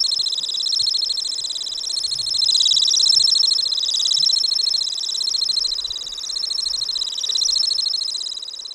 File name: temmincksstint